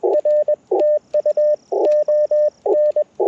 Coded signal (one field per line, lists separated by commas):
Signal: Morse code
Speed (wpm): 21 wpm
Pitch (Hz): 590 Hz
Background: none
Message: R TU ON